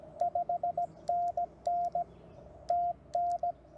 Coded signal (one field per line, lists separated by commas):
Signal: Morse code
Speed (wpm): 17 wpm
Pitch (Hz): 690 Hz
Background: radio noise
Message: 5NN TN